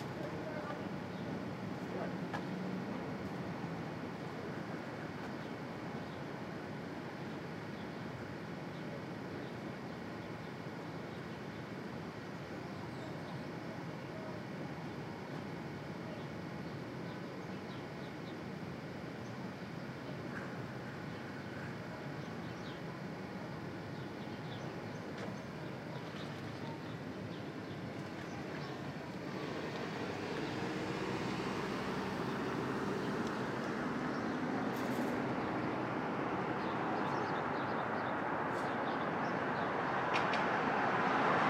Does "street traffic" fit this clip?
yes